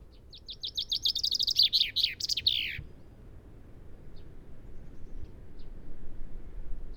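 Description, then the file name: Common chaffinch singing a rapid series of repeated notes that end in a falling flourish, followed by quiet with a few faint chirps. "Fringilla coelebs"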